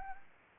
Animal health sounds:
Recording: mosquito wingbeat signal from an infrared sensor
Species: Anopheles arabiensis

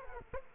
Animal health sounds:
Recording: mosquito wingbeat signal from an infrared sensor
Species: Culex quinquefasciatus

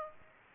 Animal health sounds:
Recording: mosquito wingbeat signal from an infrared sensor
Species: Aedes aegypti

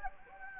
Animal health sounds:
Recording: mosquito wingbeat signal from an infrared sensor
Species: Anopheles gambiae

